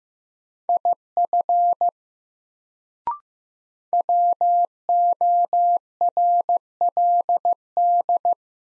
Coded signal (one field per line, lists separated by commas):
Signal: Morse code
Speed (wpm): 15 wpm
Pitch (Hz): 700 Hz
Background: none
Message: IF WORLD